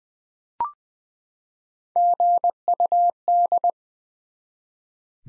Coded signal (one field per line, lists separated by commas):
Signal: Morse code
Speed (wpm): 20 wpm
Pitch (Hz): 700 Hz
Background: none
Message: GUD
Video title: Top 20 QSO Elements 20wpm